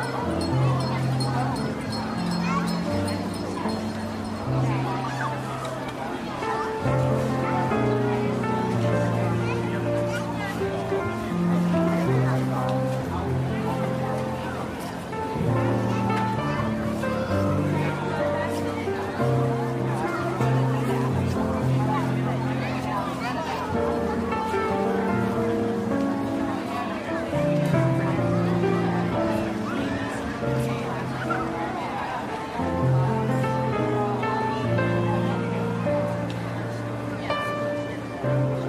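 Holiday jazz piano plays steadily, a walking low line shifting every second or so beneath chords and melody. A constant murmur of market chatter and voices runs underneath throughout, keeping the level even with no pauses for the full length.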